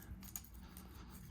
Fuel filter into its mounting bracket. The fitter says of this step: just something like that and you can see it kind of locks into place there with that little tab here